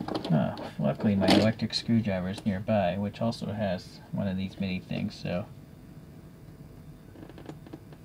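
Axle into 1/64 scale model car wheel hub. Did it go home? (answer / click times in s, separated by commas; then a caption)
no / none. Someone talks for about five seconds while getting an electric screwdriver's mini bit to help press a small metal axle further into the hub of a 1/64 scale BNDS 15-inch alloy model wheel for an Aoshima Grachan model car. Quiet handling follows, with faint small ticks between 7.4 and 7.9 seconds. Nothing has seated yet.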